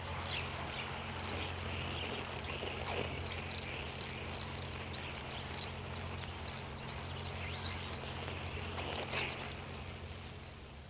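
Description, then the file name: Common swifts screaming almost nonstop, many rapid shrill arched screeches overlapping as a flock passes, with a constant low background hum. "striz chern"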